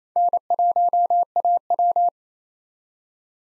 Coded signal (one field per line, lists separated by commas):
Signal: Morse code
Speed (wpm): 28 wpm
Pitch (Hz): 700 Hz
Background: none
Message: N1AW